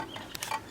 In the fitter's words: snaps right in